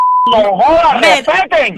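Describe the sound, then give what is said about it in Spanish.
A single short, steady electronic phone beep at a high pitch as the other side hangs up a phone call, cut off abruptly as a loud voice starts talking excitedly right after it. “¡Ah, me está colgando!”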